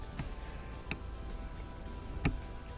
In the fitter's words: so i'm just going to push those in until they click